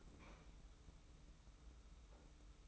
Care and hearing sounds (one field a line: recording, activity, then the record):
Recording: daily activity, microphone in the room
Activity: open fridge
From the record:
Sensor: 1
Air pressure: 991.1 hPa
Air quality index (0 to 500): 111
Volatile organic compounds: 112 ppm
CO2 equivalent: 3829 ppm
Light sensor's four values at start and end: 21/50/21/23 and 21/50/21/23